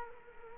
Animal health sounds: mosquito wingbeat signal from an infrared sensor; Culex quinquefasciatus

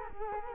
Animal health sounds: mosquito wingbeat signal from an infrared sensor; Culex quinquefasciatus

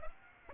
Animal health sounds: mosquito wingbeat signal from an infrared sensor; Aedes aegypti

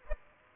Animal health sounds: mosquito wingbeat signal from an infrared sensor; Aedes aegypti

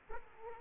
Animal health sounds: mosquito wingbeat signal from an infrared sensor; Aedes aegypti

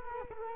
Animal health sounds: mosquito wingbeat signal from an infrared sensor; Culex quinquefasciatus

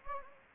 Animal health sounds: mosquito wingbeat signal from an infrared sensor; Anopheles gambiae

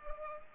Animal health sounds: mosquito wingbeat signal from an infrared sensor; Culex pipiens

